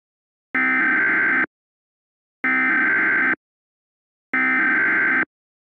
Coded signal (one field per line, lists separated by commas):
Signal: Emergency Alert System (SAME) tones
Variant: header bursts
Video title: 15:05 - A Virus EAS Scenario